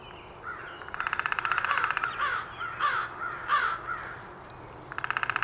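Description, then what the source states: Downy woodpecker drumming: a fast roll of about a second, followed by chirping calls from another bird, then a second roll starting near the end. Recorded on 19 April 2019.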